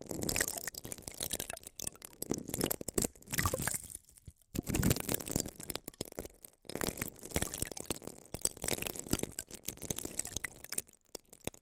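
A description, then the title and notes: Sounds inside the ears: dense, crackling rustles and crunchy scrapes that swell and fade in uneven bursts. Brief gaps of near silence break the texture around four seconds, just before seven, and near eleven. The crinkling stays full and gritty from deep rumbles to sharp hiss. ASMR Sleep Sounds Inside Your Ears! (No Talking).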